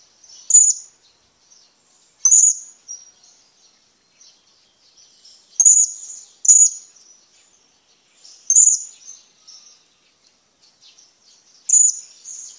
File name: suara burung serindit